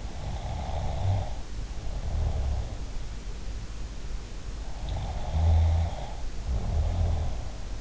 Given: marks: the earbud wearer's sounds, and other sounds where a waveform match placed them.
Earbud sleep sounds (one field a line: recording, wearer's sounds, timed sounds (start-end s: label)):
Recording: sounds in sleep by an in-ear microphone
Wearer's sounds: snoring breath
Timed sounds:
0.00-2.91 s: snoring breath
4.66-7.52 s: sound from someone else or the room
4.86-7.52 s: snoring breath